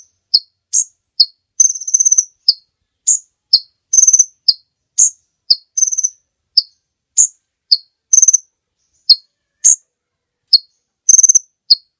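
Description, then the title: High-pitched bird chips repeated evenly, interspersed with brief buzzy trills, a steady back-and-forth pattern throughout. Master recording for training songbirds. "Master Burung Jos"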